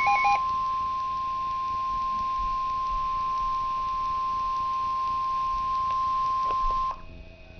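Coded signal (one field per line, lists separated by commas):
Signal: Emergency Alert System (SAME) tones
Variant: 1050 Hz attention tone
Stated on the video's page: Real Tornado Warning received on NOAA Weather Radio.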